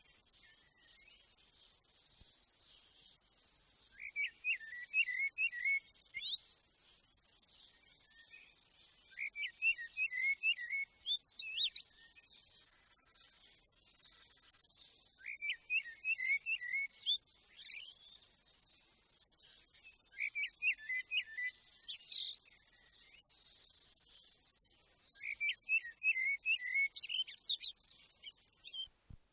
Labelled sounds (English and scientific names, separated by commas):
Common Blackbird (Turdus merula) song